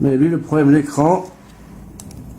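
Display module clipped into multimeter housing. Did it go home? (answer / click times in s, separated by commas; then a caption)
released / 2.0 s. Someone talks, then at 2.0 s a sharp click sounds as the clipped-in plastic display module is pried off its mount in the housing of a broken multimeter during a teardown, followed by a fainter tick at 2.1 s. The display is released and pops off its clips.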